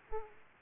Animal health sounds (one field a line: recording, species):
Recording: mosquito wingbeat signal from an infrared sensor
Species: Aedes aegypti